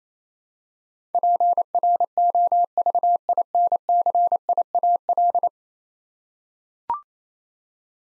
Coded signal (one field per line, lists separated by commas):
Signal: Morse code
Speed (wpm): 28 wpm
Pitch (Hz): 700 Hz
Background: none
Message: PROVINCIAL